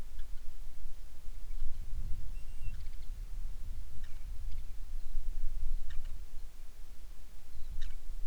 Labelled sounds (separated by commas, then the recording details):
bird, wind
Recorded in the Prudhoe Bay oil fields, Alaska, on 10 July 2019 at 09:37
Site 11